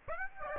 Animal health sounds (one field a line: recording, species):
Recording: mosquito wingbeat signal from an infrared sensor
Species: Aedes aegypti